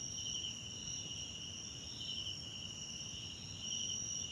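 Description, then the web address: Cricket chorus, an unbroken high-pitched ringing trill with a second, higher band above it and short brighter pulses, over soft low hiss. South African crickets in the background at night in a wetland park at Kosi Forest Lodge, South Africa. "Tonschliff - SOUTH AFRICAN CRICKETS BG South Africa Wetland Park Kosi Forest Lodge Night"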